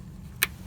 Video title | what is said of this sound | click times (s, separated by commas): How to Replace Chevy Cruze Wheel Speed Sensor! | it on align it properly and push until you hear that click there | 0.4 s